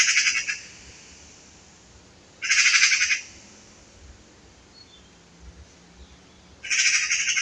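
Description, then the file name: Eurasian magpie repeating harsh rasping chatter bursts roughly every four seconds, with faint background noise between them. "Pica pica"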